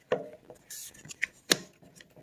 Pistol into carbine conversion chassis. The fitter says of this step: that click that means it's in there there's